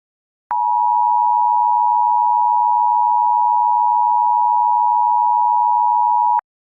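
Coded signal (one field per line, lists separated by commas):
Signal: Emergency Alert System (SAME) tones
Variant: 853 and 960 Hz attention tone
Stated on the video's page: Fictional tornado outbreak EAS scenario.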